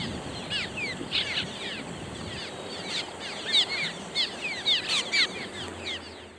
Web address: swallows clsw